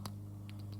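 A plastic projectile is pushed peg-first into a toy figure's launcher until it latches, seating with a sharp click at 0.1 s. Two softer ticks follow at about 0.5 s and 0.7 s over a steady low hum.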